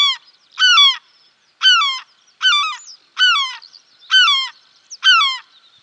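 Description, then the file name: European herring gull calling with strident, falling yelps, about seven notes spaced just under a second apart, clean with little background. "mewasrebrzysta"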